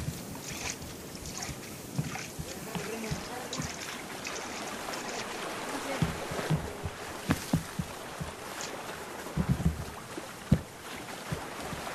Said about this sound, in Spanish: Ven, mira, vamos a subirnos a esta canoa.